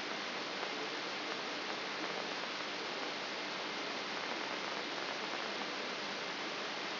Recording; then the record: brain microelectrode recording played as sound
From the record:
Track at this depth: inside the subthalamic nucleus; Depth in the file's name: 4.901 mm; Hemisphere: left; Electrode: 3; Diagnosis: Parkinson's disease